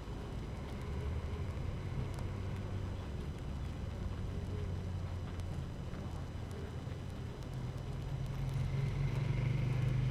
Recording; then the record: honeybee colony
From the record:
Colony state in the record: active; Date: 12 June 2018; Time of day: 6:44